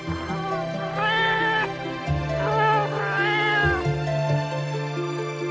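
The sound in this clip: Domestic cat meowing a few times, drawn-out arched cries.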